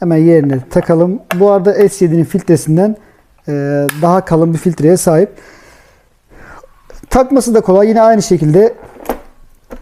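Someone talks while handling the dust bin of a Roborock Q7 Max robot vacuum after its filter has been refitted, with a few brief handling knocks near 6.9, 7.0 and 9.1 seconds. The bin is about to be pushed back into the robot vacuum body, but nothing has seated or clicked yet.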